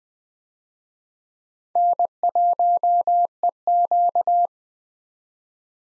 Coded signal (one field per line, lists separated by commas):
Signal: Morse code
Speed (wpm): 20 wpm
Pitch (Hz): 700 Hz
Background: none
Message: N1EQ